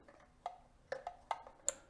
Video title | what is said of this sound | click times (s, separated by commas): GMCe EV Conversion First Wheel Spin Part II of II | just snaps right in and i just | 1.7 s